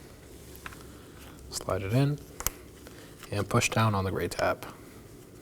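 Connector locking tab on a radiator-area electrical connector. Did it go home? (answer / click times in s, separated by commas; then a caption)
no / none. Someone talks while handling an electrical connector near the radiator of a 2018-2024 Chevrolet Equinox 1.5L L4, sliding it on before its gray plastic locking tab is pushed down. Faint taps and a brief sharp tick are heard under the talk. Nothing has seated or clicked yet.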